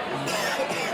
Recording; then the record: coughing mixed with background sound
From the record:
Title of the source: Dry Afternoon Cough